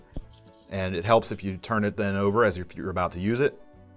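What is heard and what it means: An opened folding knife blade is rotated and turned over, ready to be pushed down so the end of its thumb tab engages a small spring-loaded metal plate with a post in the liner, a detent that clicks into place but does not lock. Someone talks throughout, with a faint brief tick near 0.2 s before the speech begins. Nothing has seated or clicked yet by the end of the clip.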